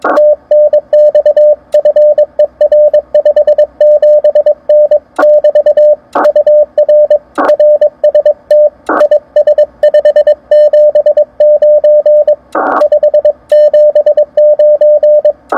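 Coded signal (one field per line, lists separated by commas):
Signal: Morse code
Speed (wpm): 22 wpm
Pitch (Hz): 600 Hz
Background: radio noise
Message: TNX FER 57N <BT> UR RST IS 579 579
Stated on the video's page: CW DX operating.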